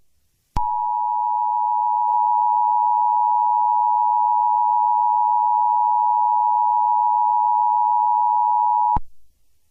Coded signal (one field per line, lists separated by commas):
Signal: Emergency Alert System (SAME) tones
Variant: 853 and 960 Hz attention tone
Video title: eas scenario catemojibabyheat part 21